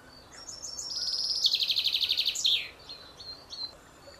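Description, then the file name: Common chaffinch delivering a single cascading trill that drops in pitch and finishes with an emphatic flourish, followed by a few faint high notes. "Fringilla coelebs"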